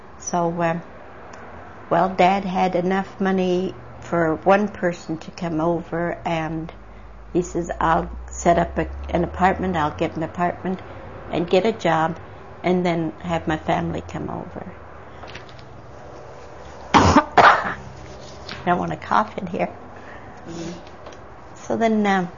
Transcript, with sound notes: so well dad had enough money for one person to come over and he says I'll set up an apartment, I'll get an apartment and get a job and then have my family come over.. (coughs) I wanna cough in here.
Mhmm.
So then,